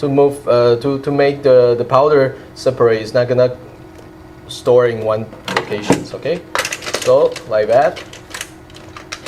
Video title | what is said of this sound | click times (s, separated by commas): Brother TN 360 Compatible Toner Installation | and once press just make sure you heard the click sound and after you will be able to | 9.1 s